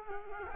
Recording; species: mosquito wingbeat signal from an infrared sensor; Culex quinquefasciatus